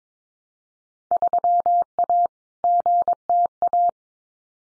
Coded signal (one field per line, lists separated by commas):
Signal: Morse code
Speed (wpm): 22 wpm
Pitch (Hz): 700 Hz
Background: none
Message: 3A GTA